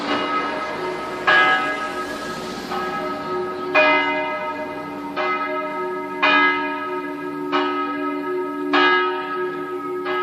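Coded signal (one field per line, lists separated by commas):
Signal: bell signal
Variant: distesa, single swinging bell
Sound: one church bell swinging steadily, struck about every 1.25 seconds, long ringing overtones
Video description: distesa della mezzana per l'Angelus feriale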